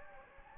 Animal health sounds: mosquito wingbeat signal from an infrared sensor; Anopheles gambiae

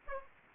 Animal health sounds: mosquito wingbeat signal from an infrared sensor; Aedes aegypti

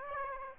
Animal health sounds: mosquito wingbeat signal from an infrared sensor; Aedes aegypti

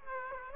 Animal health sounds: mosquito wingbeat signal from an infrared sensor; Aedes aegypti

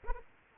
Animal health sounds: mosquito wingbeat signal from an infrared sensor; Aedes aegypti

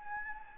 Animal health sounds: mosquito wingbeat signal from an infrared sensor; Anopheles gambiae

